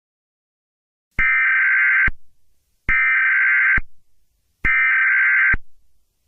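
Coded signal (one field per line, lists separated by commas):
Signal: Emergency Alert System (SAME) tones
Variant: header bursts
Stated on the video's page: Fictional EAS scenario, not a real alert.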